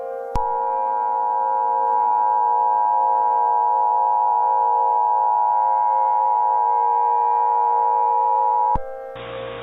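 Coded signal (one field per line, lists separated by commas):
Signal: Emergency Alert System (SAME) tones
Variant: 853 and 960 Hz attention tone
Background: music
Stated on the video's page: Mock EAS alert using valid SAME tones, not a real broadcast.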